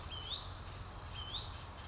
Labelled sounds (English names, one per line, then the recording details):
Hutton's Vireo
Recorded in Sonoma County, California